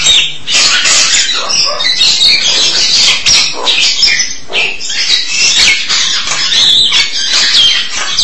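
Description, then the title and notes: Starling in steady harsh chatter with rasping bursts, squeaks and occasional thin whistled slurs. "suara burung jalak"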